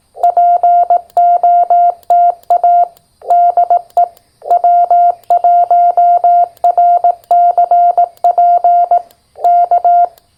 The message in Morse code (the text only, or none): POTA DE W1RCP K